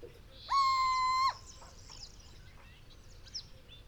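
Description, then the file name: Little owl hooting, a single level hoot of under a second. Male of subspecies saharae, recorded in Morocco. "Cucumiau Hooting of male saharae Morocco"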